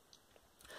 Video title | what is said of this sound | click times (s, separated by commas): Lego Star Wars: The Millennium Falcon Review (Set 75105) | You just put a little bit of pressure and pop it open. | 0.1 s